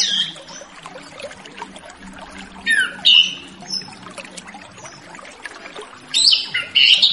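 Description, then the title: Orange-headed thrush song: loud, varied whistled phrases at the start, around three seconds and near the end, over a faint low hum. Relaxed 'ngeplong' singing style used as a lure for a spotted young orange-headed thrush (anis kembang trotol) that has escaped. "Anis Kembang Ngeplong Santai , Untuk Pancingan Anis Kembang Lepas Trotol"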